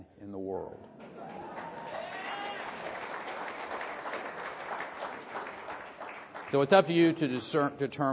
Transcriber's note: applause